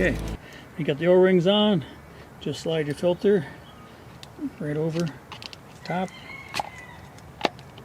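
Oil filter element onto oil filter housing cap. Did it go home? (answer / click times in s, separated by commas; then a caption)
yes / 7.5 s. A new paper oil filter element is slid over the plastic filter housing cap and pushed down until it snaps into place while someone talks. It clicks and seats at 7.5 seconds.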